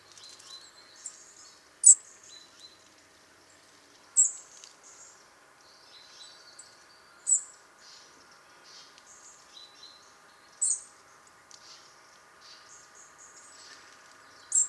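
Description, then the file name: European robin giving thin, high call notes, a single sharp note every two to four seconds, with faint softer chirps and a steady low hum between them. "Erithacus rubecula"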